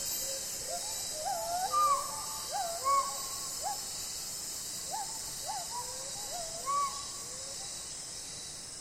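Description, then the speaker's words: Gibbon song, rising whooping notes and swooping whistles scattered throughout, over a constant high hiss of insects. Singing in rainforest in northern Sumatra. "Gesang der Gibbons, einer Menschenaffenart im Regenwald im Norden von Sumatra."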